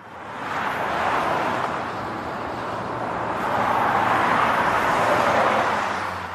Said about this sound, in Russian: Мимо проносились машины, спешившие по своим делам.